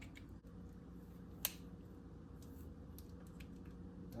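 A steel C-clip is pressed into a machined groove on the roller-bearing mount of a Pro Touring F Body/Viking hybrid front coilover for a 2nd gen F Body. One sharp, single click is heard at 1.5 s over a steady low hum, with a few faint ticks around it. The clip snaps into the groove and is seated on that side.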